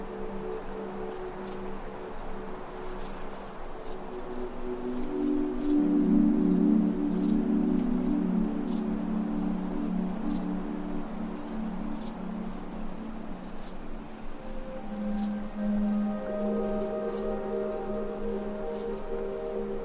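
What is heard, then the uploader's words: Desert wind hisses steadily beneath a high, thin chirping of bugs that pulses in faint regular ticks throughout. Sustained ambient tones hum low and mid, swelling louder around six to nine seconds, fading, then returning brighter near sixteen seconds. Fast Asleep in the Desert. Desert winds, chirping bugs, and ambient tones combine to create a peaceful atmosphere.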